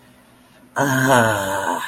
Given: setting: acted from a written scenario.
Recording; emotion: vocal sound without words; neutral